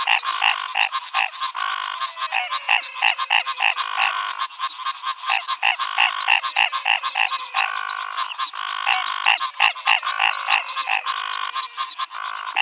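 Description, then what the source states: Dense frog chorus of clucking croaks and bleats, several callers overlapping, with faint descending whistles running underneath. Frog chorus, 'rush hour', Pantanal, Brazil, 2022.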